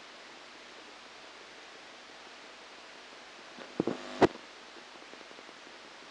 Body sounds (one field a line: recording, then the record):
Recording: brain microelectrode recording played as sound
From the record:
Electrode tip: outside the subthalamic nucleus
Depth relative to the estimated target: -2 mm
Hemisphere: left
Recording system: NeuroSet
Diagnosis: Parkinson's disease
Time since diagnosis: 8 years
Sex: male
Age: 37 years